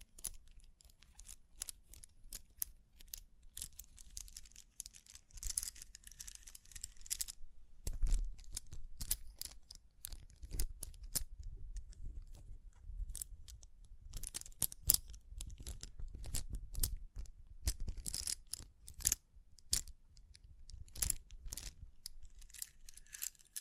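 Irregular tapping and scratching with crinkly brushing sounds, sharp bright clicks clustered in bursts, especially around 5–8 and 14–22 seconds, over low rumbling.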